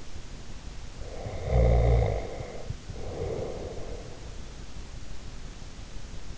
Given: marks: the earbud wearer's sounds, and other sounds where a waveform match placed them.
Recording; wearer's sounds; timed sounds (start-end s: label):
sounds in sleep by an in-ear microphone; snoring breath
1.13-4.44 s: snoring breath